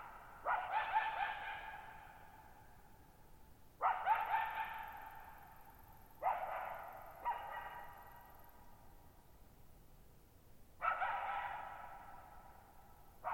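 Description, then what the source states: Coyote barking in short harsh bursts, singly and in quick pairs, several seconds apart, each followed by long echoing reverberation against a quiet background. Lone coyote at night, July 14, 2019, at Thirtymile Meadows, Okanogan National Forest, Okanogan High Country, Pacific Northwest, 6400 ft, on a dry plateau meadow bowl with boggy ground burbling.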